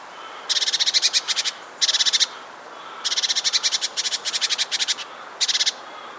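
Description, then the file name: Great tit giving harsh, buzzy chattering calls: rapid rattling note series in four bursts of varying length, the longest lasting about two seconds, with a quiet hiss between. "Parus major"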